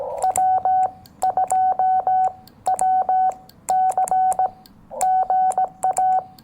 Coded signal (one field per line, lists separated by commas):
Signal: Morse code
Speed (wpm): 18 wpm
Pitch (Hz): 750 Hz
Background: none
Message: W2WC GA